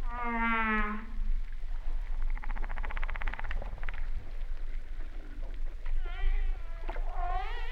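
Humpback whale calls: harmonic moaning tones, one long low note with a wavering upper series, then rising and falling cries near the end over a steady low rumble.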